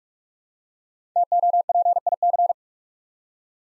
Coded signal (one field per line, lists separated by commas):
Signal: Morse code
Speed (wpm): 44 wpm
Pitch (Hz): 700 Hz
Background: none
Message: TOPIC